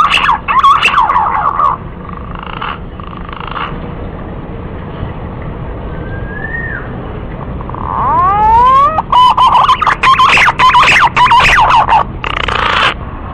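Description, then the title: Green pigeon call opens with warbling whistles and a soft slurred note. Upward-sweeping whistles then build into a long, loud series of quavering whistled phrases. Lure call used to attract green pigeons. "Pikat Burung Punai"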